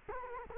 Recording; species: mosquito wingbeat signal from an infrared sensor; Culex quinquefasciatus